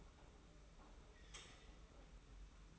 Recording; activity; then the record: daily activity, microphone in the room; take from stove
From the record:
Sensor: 1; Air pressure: 991.1 hPa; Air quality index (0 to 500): 91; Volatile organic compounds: 33 ppm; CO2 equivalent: 3029 ppm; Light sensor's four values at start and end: 36/115/45/47 and 36/115/45/47